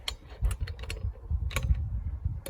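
A click-type torque wrench with a 19 mm socket tightens a caravan wheel nut and clicks at its set torque at 0.1 s, confirming the first nut is done. Ratcheting, gear-like ticks follow at about 0.5, 0.7, 0.9, 1.6 and 2.5 s over a low rumble.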